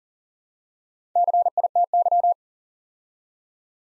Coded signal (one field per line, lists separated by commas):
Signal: Morse code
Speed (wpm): 40 wpm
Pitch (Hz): 700 Hz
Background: none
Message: CITY